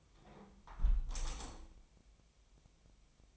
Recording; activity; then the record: daily activity, microphone in the room; close window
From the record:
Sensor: 1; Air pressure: 1015.0 hPa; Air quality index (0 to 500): 44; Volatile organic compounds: 1 ppm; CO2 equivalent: 624 ppm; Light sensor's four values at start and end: 10/25/10/11 and 10/25/10/11